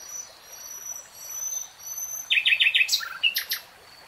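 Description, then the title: Nightingale song: thin high whistles, then a short burst of quick, sharp repeated notes and chirps. "[Tiếng chim hót] 3 Hours REALTIME Nightingale Singing"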